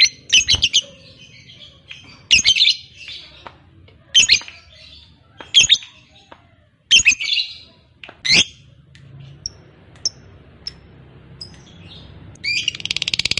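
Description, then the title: Lovebird producing harsh, high chirps at irregular intervals over a low background hum, ending in a quick burst of rattling chatter. Fighter-type lovebird giving a long ngekek. "Suara Lovebird FIGHTER NGEKEK PANJANG"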